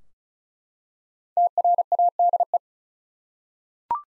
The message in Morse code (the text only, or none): TRADE